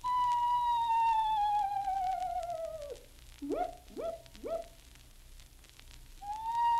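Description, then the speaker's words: Owl giving a long, slowly descending quavering whistle, followed by three short rising hoots, then the descending whistle begins again. Wild owl giving a lonesome call in the Florida wilderness. "That was an owl voicing his lonesome call in the wilderness."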